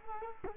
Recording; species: mosquito wingbeat signal from an infrared sensor; Culex quinquefasciatus